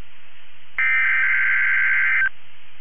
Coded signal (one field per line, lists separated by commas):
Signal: Emergency Alert System (SAME) tones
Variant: header bursts